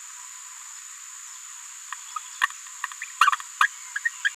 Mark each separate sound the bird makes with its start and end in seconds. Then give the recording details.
2.16-2.19, 2.84-2.86, 3.02-3.04, 3.21-3.31, 3.60-3.67, 3.95-3.99, 4.04-4.09, 4.24-4.29. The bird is a female. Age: 27 days. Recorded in a nest box in Venezuela. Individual 17B73B2